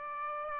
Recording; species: mosquito wingbeat signal from an infrared sensor; Aedes aegypti